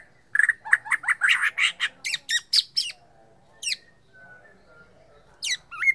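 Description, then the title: White-rumped shama song: a burst of loud, rapid chattering and upslurred whistles, followed by sparse sharp high sweeps over faint background noise. Bornean type. "MURAI BORNEO MAS KIKI"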